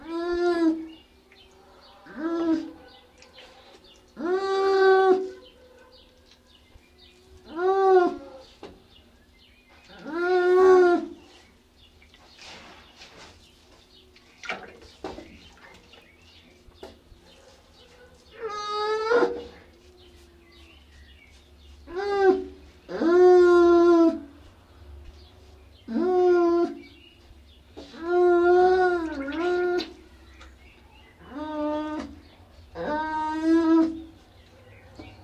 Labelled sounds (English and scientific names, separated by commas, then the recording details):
Baikal Seal (Pusa sibirica) call
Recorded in captivity
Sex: female
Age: adult
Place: Tierpark Berlin, Berlin, DE
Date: 1966-05-21 19:00
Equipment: Uher 4200 Report Monitor, Sennheiser MD 421, Transistorverstärker 2
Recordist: Tembrock, Günter